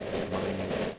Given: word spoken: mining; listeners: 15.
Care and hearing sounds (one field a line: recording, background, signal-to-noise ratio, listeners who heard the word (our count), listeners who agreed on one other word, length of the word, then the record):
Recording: one English word in noise, from a listening test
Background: noise modulated by three-talker babble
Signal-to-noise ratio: -4.0 dB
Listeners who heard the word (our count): 0 of 15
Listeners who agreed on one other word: 9 of 15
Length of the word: 0.59 s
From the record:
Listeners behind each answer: 9, 2, 2, 2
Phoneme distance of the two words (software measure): 17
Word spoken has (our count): 2 syllables, 5 phonemes, stress on syllable 1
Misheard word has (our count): 1 syllable, 4 phonemes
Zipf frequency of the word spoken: 4.04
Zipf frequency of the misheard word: 5.47